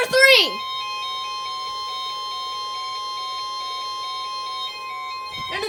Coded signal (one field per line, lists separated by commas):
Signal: Emergency Alert System (SAME) tones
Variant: 1050 Hz attention tone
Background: speech, music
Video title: SEVERE THUNDER STORM WARNING!!! EAS #13